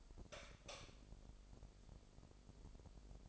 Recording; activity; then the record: daily activity, microphone in the room; light on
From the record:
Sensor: 5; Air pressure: 995.5 hPa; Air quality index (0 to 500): 94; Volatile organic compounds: 5 ppm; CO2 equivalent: 1771 ppm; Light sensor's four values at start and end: 35/81/33/33 and 36/87/35/35